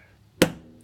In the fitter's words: in and it clicks in very simple very quick